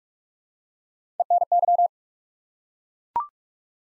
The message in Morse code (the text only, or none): ENY